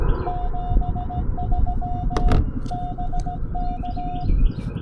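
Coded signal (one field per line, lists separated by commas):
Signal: Morse code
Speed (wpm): 16 wpm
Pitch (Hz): 720 Hz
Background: none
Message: 73 BK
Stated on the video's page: QRP CW POTA park activation with an Index Labs QRP Plus and an EFHW antenna.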